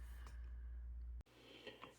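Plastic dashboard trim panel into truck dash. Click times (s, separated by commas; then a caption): 1.7 s, 1.8 s. A plastic dashboard trim panel on a GMC Sierra is slid back down into the truck dash and popped into place after the wiring for an auto stop eliminator module has been routed. A low hum fills the first 1.2 seconds, then cuts out, and two sharp clicks follow at 1.7 and 1.8 seconds as the panel seats.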